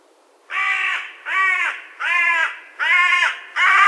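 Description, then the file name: Carrion crow uttering five loud, hoarse caws in steady succession, a little over one per second. "Corvus corone"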